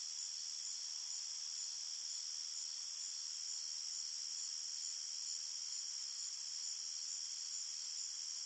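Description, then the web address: Crickets make an unbroken, shrill high trill, many insects blending into one even drone. Crickets at night in an open field, at medium-far distance. "Big Room Sound Crickets"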